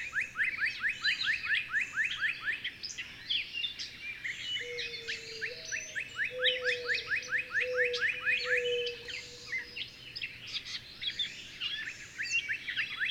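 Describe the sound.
Birds in full chorus, steady fast series of rising chirps running throughout with high twittering above and a low drawn-out tone partway through.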